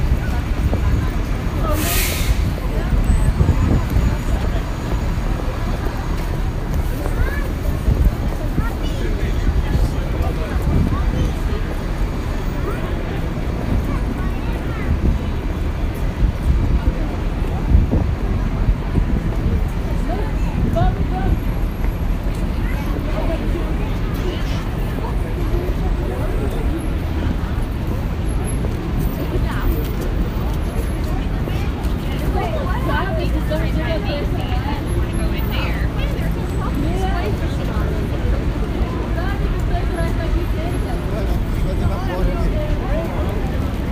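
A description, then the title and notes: A busy city square heard while walking, with a steady wash of traffic rumble and overlapping voices of passing crowds. The din stays dense and even throughout, with a sharp bright burst near the start and scattered chatter rising above the hubbub. Walking on Times Square.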